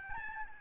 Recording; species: mosquito wingbeat signal from an infrared sensor; Aedes albopictus